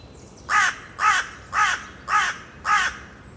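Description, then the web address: Bird giving five harsh, hoarse cawing calls, evenly spaced about half a second apart, over a low steady background hiss. "cianscape. Deverinetal. Bird Only"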